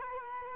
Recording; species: mosquito wingbeat signal from an infrared sensor; Culex quinquefasciatus